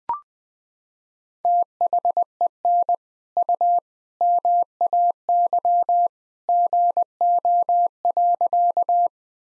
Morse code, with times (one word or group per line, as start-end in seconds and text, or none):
1.4-2.9 THEN
3.4-3.8 U
4.2-6.1 MAY
6.5-9.1 GO.